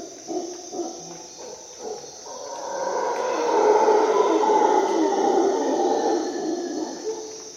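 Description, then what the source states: Howler monkey roaring, a deep rough roar swelling and holding steadily, over a constant high insect drone. At dawn in the jungle of Costa Rica, during an expedition.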